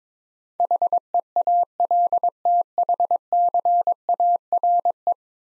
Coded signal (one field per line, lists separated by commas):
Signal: Morse code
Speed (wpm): 22 wpm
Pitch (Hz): 700 Hz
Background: none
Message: HEALTHCARE